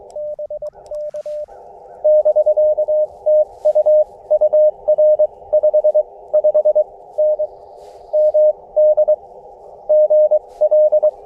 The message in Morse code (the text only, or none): BK <BK> TU UR 55N MD GL